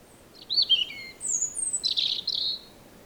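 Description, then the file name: European robin song, a brief phrase of high wavering whistles and thin slurred notes ending in a dense twittering burst, with faint steady hiss behind. "Erithacus rubecula"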